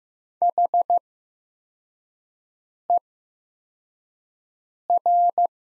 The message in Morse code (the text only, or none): HER